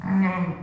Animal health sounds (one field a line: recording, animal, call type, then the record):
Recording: contact call of a hoofed animal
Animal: sheep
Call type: low-frequency (closed-mouth) or high-frequency (open-mouth) call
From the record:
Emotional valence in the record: negative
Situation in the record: short social isolation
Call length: 0.62 s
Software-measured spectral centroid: 1490 Hz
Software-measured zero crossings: 940 a second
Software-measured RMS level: -23 dBFS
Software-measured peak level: -11 dBFS